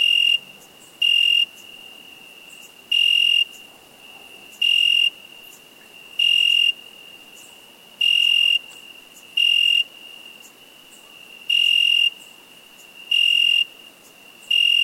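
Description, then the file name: Cricket chirping in shrill, tonal pulses, mostly single but sometimes closely paired, recurring every one to two seconds above a faint background hum. "Cricket insect"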